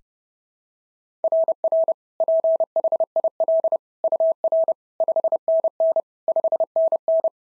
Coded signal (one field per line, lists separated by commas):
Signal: Morse code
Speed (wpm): 26 wpm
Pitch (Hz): 650 Hz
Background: none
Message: RR PHIL UR 5NN 5NN